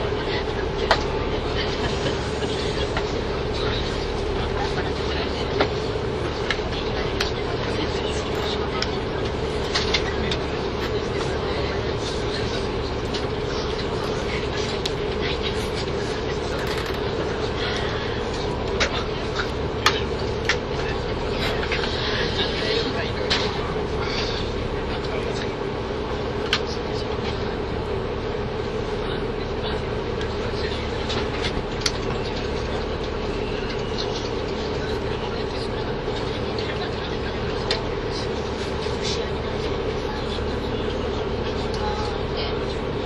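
A train running from Nagoya to Toyama gives a steady low rumble and hum, with frequent small clicks and rattles and faint speech underneath.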